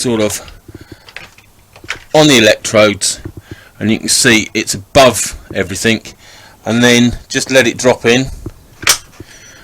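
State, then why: Seated. A removable electric bike battery is lined up on the bottom electrodes and then let drop into its down-tube frame mount while someone talks. A few light knocks come near 1–2 seconds. The lock engages with a single click at 8.8 s, and the battery is seated.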